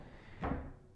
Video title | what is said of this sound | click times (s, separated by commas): Low Profile Blind, Deer, Ducks, Geese, Turkeys Whatever | pitch of your backrest and they lock into place real nice | 0.5 s